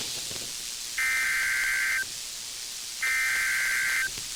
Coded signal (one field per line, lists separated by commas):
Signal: Emergency Alert System (SAME) tones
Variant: header bursts